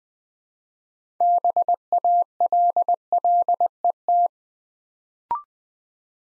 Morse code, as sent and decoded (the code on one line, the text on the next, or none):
-... .- .-.. .-.. . -
BALLET